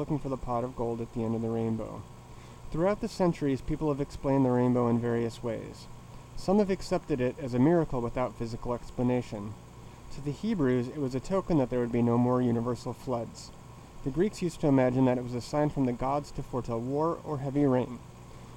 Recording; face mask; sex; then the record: reading aloud; surgical mask; male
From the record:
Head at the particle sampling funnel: tilted down, bridge of the nose in front of it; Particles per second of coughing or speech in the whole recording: 1.81